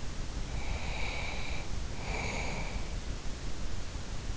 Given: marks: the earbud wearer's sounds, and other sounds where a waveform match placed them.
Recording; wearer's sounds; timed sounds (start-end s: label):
sounds in sleep by an in-ear microphone; breath
0.45-2.70 s: breath